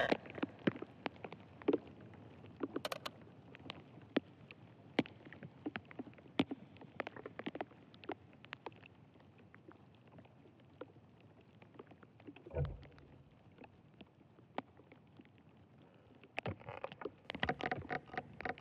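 Inside an ash tree, a dense stream of sharp clicks and crackles pops irregularly over a low rumble, with a deeper thud near twelve seconds.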